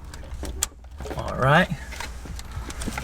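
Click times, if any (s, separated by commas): 0.6 s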